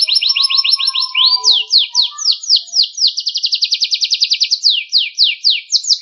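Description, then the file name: Canary song with fast high trills shifting into slower sweeping notes and back to a rapid rattle, continuous and loud throughout. Sekar Jagad variety of canary. "kenari sekar jagad"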